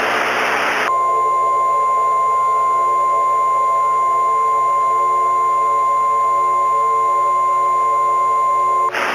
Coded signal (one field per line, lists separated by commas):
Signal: Emergency Alert System (SAME) tones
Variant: 1050 Hz attention tone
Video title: EAS Scenario 1 [REMASTER]: The Colorado Monster